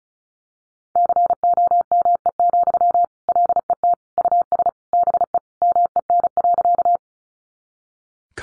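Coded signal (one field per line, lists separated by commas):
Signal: Morse code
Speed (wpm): 34 wpm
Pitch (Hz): 700 Hz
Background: none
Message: COME, LET US BE MEN.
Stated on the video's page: Sentences from the top 300 words sent in Morse at 35 wpm for head-copy practice, each sent, spoken, then sent again.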